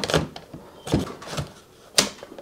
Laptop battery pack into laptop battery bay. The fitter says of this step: snaps in place and then don't forget to lock it